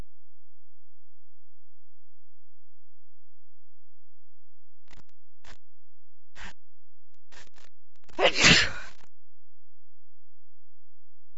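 After several quiet catching breaths, an adult woman gives one loud, forceful sneeze near the end.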